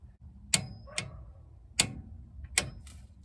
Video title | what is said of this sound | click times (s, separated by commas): DIY - 2012 Range Rover Sport SDV6: Change the front upper control arm bushings and ball joints | So let's end with a satisfying click. 10 Newton meters and | 0.5 s